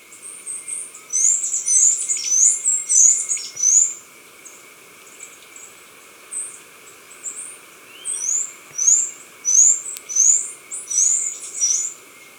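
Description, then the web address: Black-capped Hemispingus singing bursts of sharp, high notes in quick series, pausing between runs, over a steady faint background tone. Ecuador. "Birds of Ecuador. Black-Capped Hemispingus"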